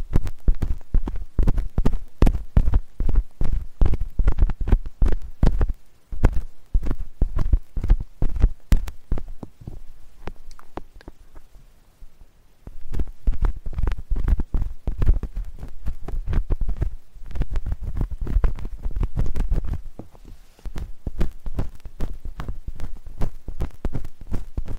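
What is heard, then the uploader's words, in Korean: Dense scratching and clicking from a metal ear pick working inside the ear, pausing briefly around ten seconds before resuming steadily. 쇠 귀이개 귀청소 , 귀 마사지 stainless ear pick , ear massage.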